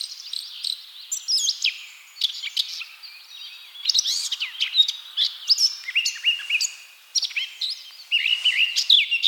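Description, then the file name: Eurasian blackcap song, a continuous jumble of bright twittering and whistled notes rising and falling, with short pauses between phrases. "Sylvia atricapilla"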